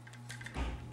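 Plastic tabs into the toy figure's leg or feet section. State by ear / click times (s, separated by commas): not seated / none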